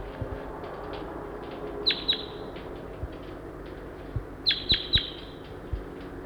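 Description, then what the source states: Crossbill flight calls: short, sharp high chips in two brief bursts of two to three notes, separated by a few seconds of quiet with low background rumble. Wild female, in the field.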